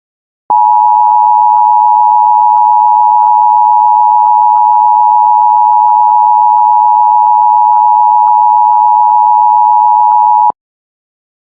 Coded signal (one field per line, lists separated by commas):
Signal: Emergency Alert System (SAME) tones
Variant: 853 and 960 Hz attention tone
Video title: Simulación EAS - aviso de tornado para Brown, Wisconsin (¡con una nueva voz!)